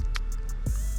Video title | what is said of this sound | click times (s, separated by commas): HIGH BEAM Headlight install into 2500HD Chevrolet Silverado | Make sure it snaps into place, which it is. | 0.2 s